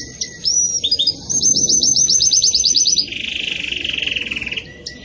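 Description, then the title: Belgian canary song: a high sustained whistle, a quick series of repeated notes, then a lower dense rolling trill ending in a soft note. Pure campainha song style with pauses, used for training. "Canto Canário Belga Campainha Puro Com Pausa Para Treinamento"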